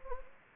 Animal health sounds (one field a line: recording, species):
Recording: mosquito wingbeat signal from an infrared sensor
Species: Anopheles gambiae